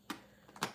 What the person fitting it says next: we just insert it and it goes, it snaps into place.